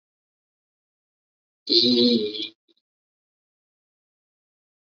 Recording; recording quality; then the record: sustained vowel as in beet; moderate, slight background noise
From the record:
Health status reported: COVID-19 positive, mild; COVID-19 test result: positive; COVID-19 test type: RT-PCR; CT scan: not taken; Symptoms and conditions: cough, cold, sore throat, muscle pain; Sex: male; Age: 30 years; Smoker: no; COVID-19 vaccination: both doses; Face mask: worn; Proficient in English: yes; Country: India